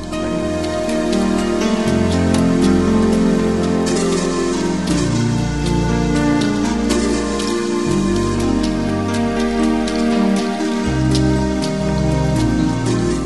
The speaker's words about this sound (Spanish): Mirá, ahí empezó la melodía con esa quena sintetizada que mencionabas. A ver, escuchemos un poquito.